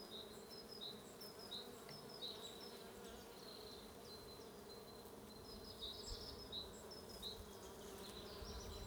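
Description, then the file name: Bees humming steadily beneath short high bird chirps repeated many times. "buzzing bees"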